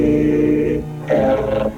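Walrus bellowing, a loud, low, harmonic drawn-out groan that breaks briefly and then resumes slightly higher and rougher.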